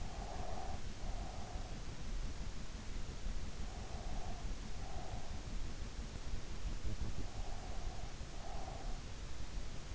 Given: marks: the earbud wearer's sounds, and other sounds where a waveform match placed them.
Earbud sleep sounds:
sounds in sleep by an in-ear microphone; breath
0.00-1.85 s: breath
3.61-5.61 s: breath
7.28-9.09 s: breath

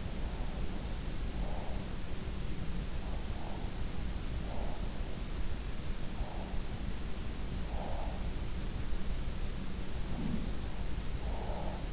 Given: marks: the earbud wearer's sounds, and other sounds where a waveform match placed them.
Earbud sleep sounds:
sounds in sleep by an in-ear microphone; breath
0.00-1.88 s: breath
3.27-4.81 s: breath
6.06-8.19 s: breath
9.85-11.93 s: breath

